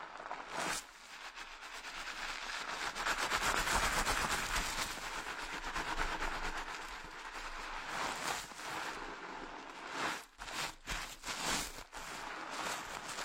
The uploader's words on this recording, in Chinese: 疗愈SPA！头部调理，深度放松。